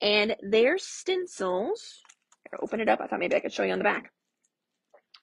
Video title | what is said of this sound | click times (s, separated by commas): 10/3 what’s new?!? Sizzix , a new mini book kit, lots of Halloween classic items and a SALE! | their stencils actually pop right in here so that way it'll hold it in place for you | 5.1 s